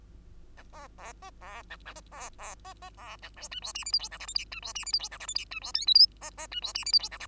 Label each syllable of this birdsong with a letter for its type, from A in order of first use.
A B B C B A B B C C B A D E F G H I J K L M N E F G H I J K L M N E F O P Q C C E F G H I J K L